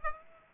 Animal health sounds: mosquito wingbeat signal from an infrared sensor; Aedes aegypti

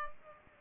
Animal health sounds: mosquito wingbeat signal from an infrared sensor; Culex pipiens

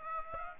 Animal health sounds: mosquito wingbeat signal from an infrared sensor; Aedes aegypti

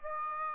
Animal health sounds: mosquito wingbeat signal from an infrared sensor; Aedes aegypti

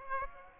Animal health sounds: mosquito wingbeat signal from an infrared sensor; Aedes aegypti

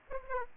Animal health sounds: mosquito wingbeat signal from an infrared sensor; Aedes aegypti

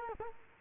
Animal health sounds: mosquito wingbeat signal from an infrared sensor; Culex quinquefasciatus

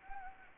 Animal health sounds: mosquito wingbeat signal from an infrared sensor; Anopheles gambiae

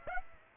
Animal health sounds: mosquito wingbeat signal from an infrared sensor; Aedes aegypti

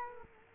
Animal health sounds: mosquito wingbeat signal from an infrared sensor; Culex quinquefasciatus

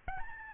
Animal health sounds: mosquito wingbeat signal from an infrared sensor; Aedes albopictus

